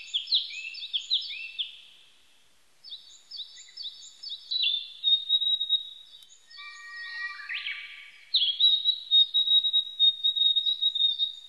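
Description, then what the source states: Narcissus flycatcher song: high repeated chirping notes, sliding whistles and a drawn-out whistled note, delivered in varied phrases with brief pauses. Recorded 25 April 1998.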